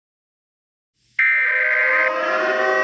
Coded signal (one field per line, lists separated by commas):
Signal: Emergency Alert System (SAME) tones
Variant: header bursts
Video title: EAS SCENARIO 23: Attack Of The Monsters